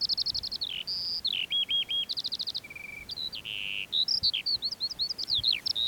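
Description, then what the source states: Lark song mixing quick trilled bursts, flat whistled notes and short downslurs, delivered in lively, varied phrases with tiny breaks. Perched on a post; recorded 19 June 2021 at 09:48.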